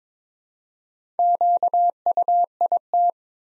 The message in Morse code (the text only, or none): QUIT